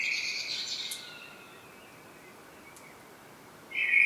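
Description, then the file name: Common blackbird finishing a warbled phrase with a high twittery tail, a long pause, then a new fluty phrase beginning. "Turdus merula"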